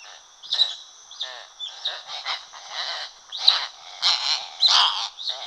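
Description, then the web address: Black-collared hawk giving rough, harsh calls in quick irregular series, with a constant high-pitched insect drone behind. Recorded in the Pantanal. "sescpantanal multimidia gaviao-belo"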